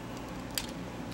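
A plastic section of a Transformers ROTF Voyager Class Long Haul toy robot is folded and closed so that a plastic peg snaps into its slot. A single sharp click is heard at 0.6 s against a low steady background, and the peg is seated.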